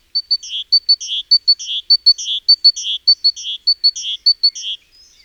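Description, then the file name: Great tit giving a quick repeated pattern of two thin high ticks and a scratchy buzz, going on steadily for about four and a half seconds. "Parus major"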